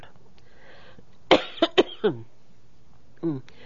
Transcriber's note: she coughs